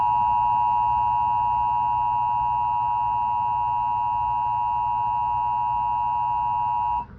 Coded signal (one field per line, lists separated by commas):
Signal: Emergency Alert System (SAME) tones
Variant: 853 and 960 Hz attention tone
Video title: Flash Flood Warning EAS #2 on KWO35/KZZ31/NJ PBS (8/5/26)